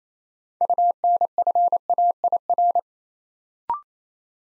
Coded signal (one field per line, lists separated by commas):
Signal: Morse code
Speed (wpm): 28 wpm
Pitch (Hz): 700 Hz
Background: none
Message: UNFAIR